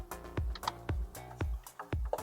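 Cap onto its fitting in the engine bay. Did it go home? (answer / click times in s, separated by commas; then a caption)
no / none. A cap in the engine bay of a 2025+ Cummins is handled back over its opening during an Edge EZ 30205 installation, with music playing underneath. Soft handling knocks and ticks are heard, including sharp transients near 0.7, 0.9, 1.4, 1.9 and 2.1 seconds, but nothing has seated or clicked yet.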